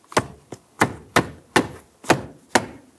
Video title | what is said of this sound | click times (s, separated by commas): How to Replace Front Left Weather Strip Seal 1999-2004 Jeep Grand Cherokee | now that we we have this popped into place we're just going to visually double check the other side make sure that that is wrapped around | 1.2 s, 1.6 s, 2.5 s